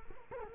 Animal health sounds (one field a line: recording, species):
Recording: mosquito wingbeat signal from an infrared sensor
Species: Culex quinquefasciatus